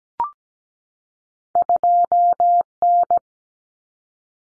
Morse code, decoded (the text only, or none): 2N